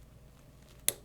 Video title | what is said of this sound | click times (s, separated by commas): A fascinating trigger mechanical design - Astra 400 Target Pistol | nothing happens so what we need to do is we need to push on this button and listen for this click | 0.9 s